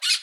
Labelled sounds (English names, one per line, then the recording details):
Brown-throated Parakeet contact call
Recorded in Aruba
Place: Cunucu Arikok, S side of Ceru Arikok
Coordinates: 12.502, -69.950